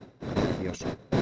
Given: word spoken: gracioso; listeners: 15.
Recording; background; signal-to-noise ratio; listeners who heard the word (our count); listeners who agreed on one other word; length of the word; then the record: one Spanish word in noise, from a listening test; noise modulated by one talker; -7.6 dB; 0 of 15; 7 of 15; 0.82 s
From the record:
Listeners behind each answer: 7, 3, 2, 1, 1, 1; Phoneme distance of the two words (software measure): 34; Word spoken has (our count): 3 syllables, 8 phonemes, stress on syllable 2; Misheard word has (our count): 3 syllables, 8 phonemes, stress on syllable 2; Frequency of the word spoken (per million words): 5.28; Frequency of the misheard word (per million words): 31.42